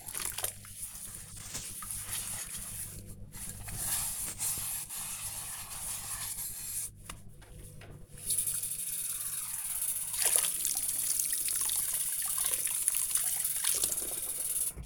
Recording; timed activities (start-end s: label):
household activities, microphone on the right wrist
0.00-14.86 s: washing dishes